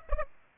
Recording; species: mosquito wingbeat signal from an infrared sensor; Aedes aegypti